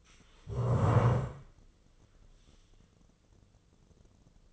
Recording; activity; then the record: daily activity, microphone in the room; stand up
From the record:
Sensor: 4